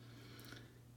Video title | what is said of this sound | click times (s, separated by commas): 5 Stone: EDC Knife Review (Kershaw Shuffle) #EDC | place and you'll hear it click it's | 0.5 s